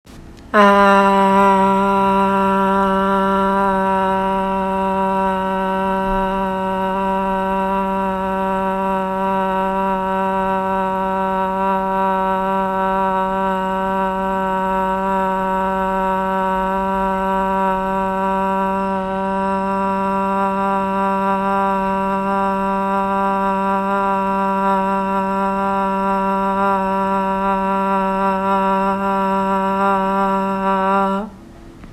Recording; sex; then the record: sustained vowel /a/; female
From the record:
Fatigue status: no fatigue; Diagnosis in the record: COVID-19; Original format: m4a